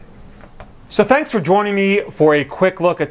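A plastic device cradle is pushed back onto a level stand and snaps into place with a click at 0.6 s, following a fainter tick at about 0.4 s. Someone then talks for the rest of the clip.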